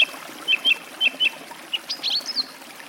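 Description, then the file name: Song thrush song: short paired whistled notes given twice, then a few higher varied notes, with water trickling steadily underneath. By a forest stream. "pevchij drozd u lesnogo ruchya"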